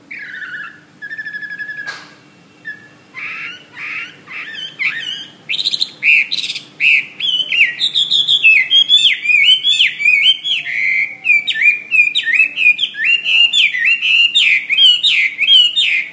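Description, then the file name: Hwamei song: loud, varied whistled phrases, rapid slurred and rising-falling notes repeated in quick runs, building into a continuous rich warble. "omkicau hwamey"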